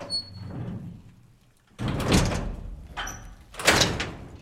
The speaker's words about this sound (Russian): Запирает дверь карцера.